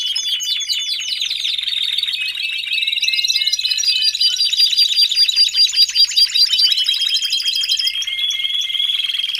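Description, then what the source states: Domestic canary delivering continuous rich song, rapid trills layered with sweeping notes and sustained high whistles, almost without a break. Male Belgian canary singing a lot, for training and warming up young canaries.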